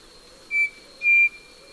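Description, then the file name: Striped cuckoo giving its two-note whistled call, a short clear note followed by a longer one, over a steady high insect drone. "Tapera naevia"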